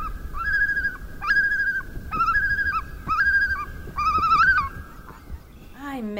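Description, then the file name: Common loon tremolo calls: five quavering, wavering phrases near one pitch with bright overtones, repeated roughly every second, over low rumbling background noise. Recorded in winter. "Natures Challenge Loon"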